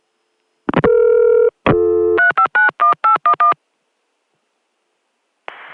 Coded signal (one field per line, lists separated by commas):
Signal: DTMF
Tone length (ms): 130 ms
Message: 3591811